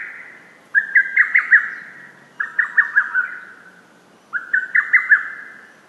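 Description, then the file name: Lesser cuckoo, three whistled phrases, each a rapid series of about five notes. "hototogisu"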